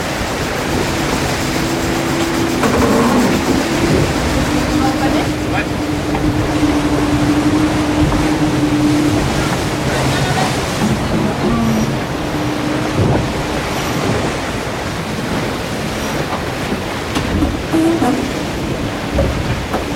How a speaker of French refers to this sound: Voilà, il y a le bateau, il y a l'océan, etc.